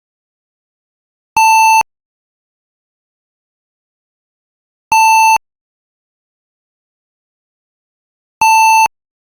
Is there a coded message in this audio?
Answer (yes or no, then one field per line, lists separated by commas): no